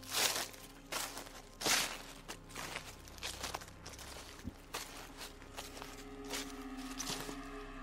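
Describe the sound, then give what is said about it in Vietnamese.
A person's light footsteps crunch and rustle through dry leaves on the ground outside, just behind a bathroom wall along a small lane, at midnight, in a steady, uneven rhythm, each step a bright, crackling burst over a low hum, with no voices. “Tiếng bước chân dẫm vào cái đám lá ở trên nền đất cứ xoàn xoạt vang lên.”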